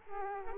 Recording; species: mosquito wingbeat signal from an infrared sensor; Culex quinquefasciatus